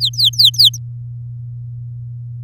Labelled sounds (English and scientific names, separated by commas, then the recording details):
Domestic Canary (Serinus canaria) song
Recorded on 9 May 2018 at 06:06
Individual llb16